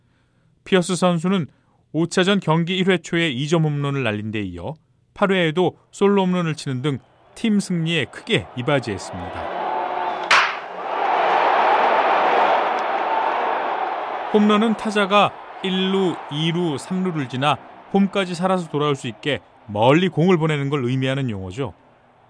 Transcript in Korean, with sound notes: 피어스 선수는 5차전 경기 1회 초에 2점 홈런을 날린 데 이어, 8회에도 솔로 홈런을 치는 등 팀 승리에 크게 이바지했습니다.
[효과음: 홈런]
홈런은 타자가 1루, 2루, 3루를 지나 홈까지 살아서 돌아올 수 있게 멀리 공을 보내는 걸 의미하는 용어죠?